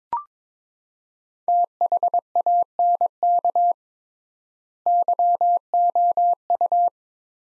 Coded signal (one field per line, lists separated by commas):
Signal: Morse code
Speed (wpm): 22 wpm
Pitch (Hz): 700 Hz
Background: none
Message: THANK YOU